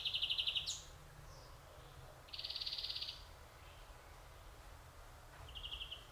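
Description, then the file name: European greenfinch starts with a quick trill, then a flat buzzy run lasting about a second, and ends with a softer trill. "Chloris chloris"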